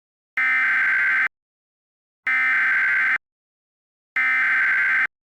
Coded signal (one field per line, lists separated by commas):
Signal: Emergency Alert System (SAME) tones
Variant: header bursts